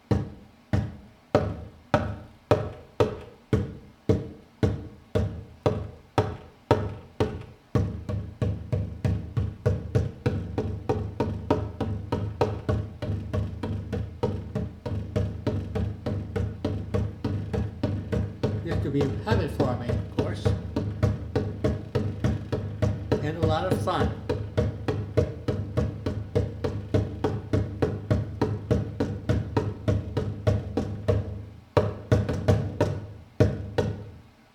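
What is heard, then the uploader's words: Fingers tap out rhythms on a wooden computer desk, starting with sparse, evenly spaced knocks. Around eight seconds the tapping becomes a fast, dense drumming with a low resonant thud, continuing until about thirty-two seconds before returning to separate, slower taps. Rhythms on computer desk. I tap out rhythms on the wood computer desk I frequently use for my work.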